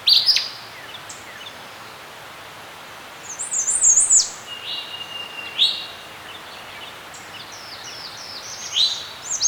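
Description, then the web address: Birds chirping with clear, high twittering phrases and quick notes, loudest at the start, around the middle and near the end, over a light steady hiss. Birds chirping in a serene forest. "Dr Sound Effects. Birds Chirping In a Serene Forest"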